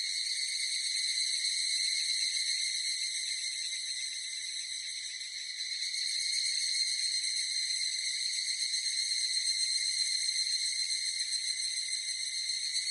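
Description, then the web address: Evening cicada song, a continuous high metallic trill, dipping briefly in loudness midway before resuming at full strength. Recorded 18 July 2004. "2004 040718 higurasi"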